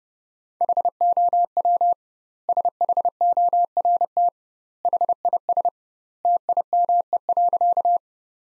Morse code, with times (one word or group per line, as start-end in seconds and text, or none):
0.6-1.9 HOW
2.5-4.3 SHORT
4.8-5.7 HIS
6.2-8.0 TIME.